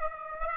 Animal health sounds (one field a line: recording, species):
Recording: mosquito wingbeat signal from an infrared sensor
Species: Aedes aegypti